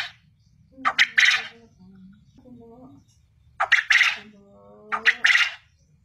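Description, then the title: Quail calling in rasping triple phrases, short-short-long, heard three times, separated by quiet low humming tones. Call used as a lure to make quail respond and call actively. "Burung Puyuh Mana Yang Tidak Nyaut Dan Gacor Dengan Pancingan Ini"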